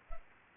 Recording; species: mosquito wingbeat signal from an infrared sensor; Anopheles arabiensis